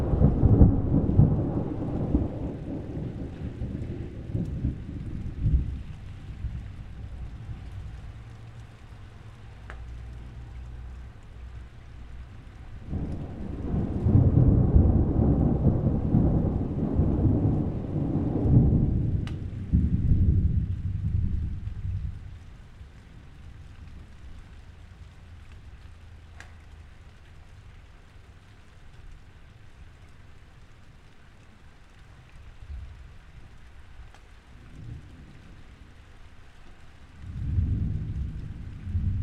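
Rain patters steadily through a thunderstorm while deep thunder rolls in long, low swells: one at the start, a bigger one from about 13 to 22 seconds, and another building near the end. Between the rumbles the rain softens to a quieter, even hiss.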